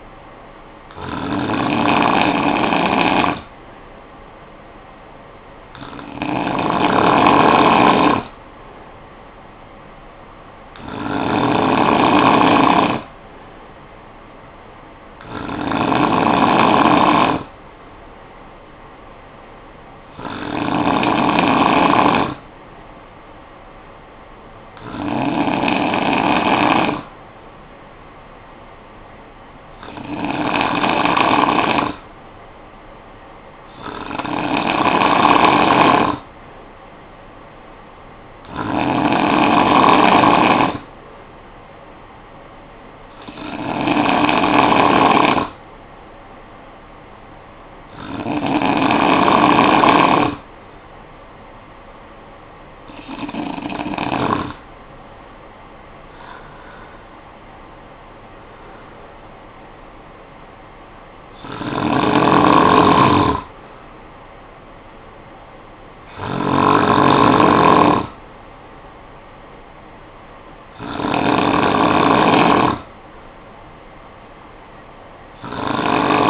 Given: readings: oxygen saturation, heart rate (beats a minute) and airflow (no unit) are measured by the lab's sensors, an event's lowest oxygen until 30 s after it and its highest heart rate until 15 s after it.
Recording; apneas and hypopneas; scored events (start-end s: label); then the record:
breathing in sleep by a voice recorder at the bedside; none
none scored
From the record:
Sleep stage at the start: N2 (light sleep); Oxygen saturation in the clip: 92 to 94%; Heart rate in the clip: 53 to 67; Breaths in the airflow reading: 16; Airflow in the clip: -9.0 to 6.3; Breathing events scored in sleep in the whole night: 445 in 7.6 hours asleep